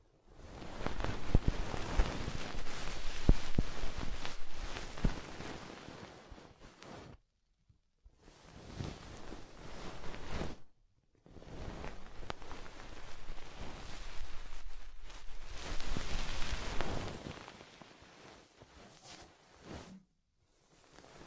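Soft, fluffy ASMR triggers make a dense, full rustling and brushing sound that swells and fades in long bursts. Brief silences fall around seven and eleven seconds, and the sound thins out and breaks off again near the end.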